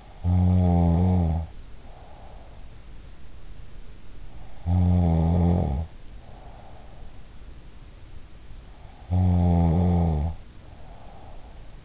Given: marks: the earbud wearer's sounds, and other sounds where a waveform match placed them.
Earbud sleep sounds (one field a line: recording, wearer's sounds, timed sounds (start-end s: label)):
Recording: sounds in sleep by an in-ear microphone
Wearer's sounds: snoring breath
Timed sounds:
0.00-3.28 s: snoring breath
4.72-7.69 s: snoring breath
8.89-11.85 s: snoring breath